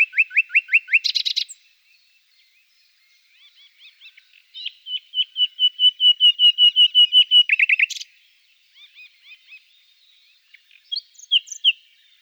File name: Fülemülék